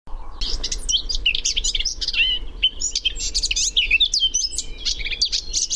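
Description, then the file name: Eurasian blackcap singing a hurried, chattering warble that starts after a brief low hum and runs on without pause, mixing thin whistles with harsher notes. "Sylvia atricapilla"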